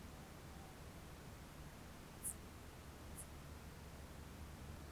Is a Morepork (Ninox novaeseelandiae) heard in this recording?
yes